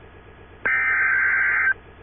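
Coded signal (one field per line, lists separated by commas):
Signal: Emergency Alert System (SAME) tones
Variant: header bursts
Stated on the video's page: Fictional civil unrest EAS scenario made for entertainment.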